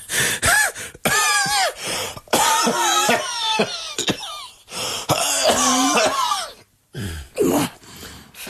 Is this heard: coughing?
yes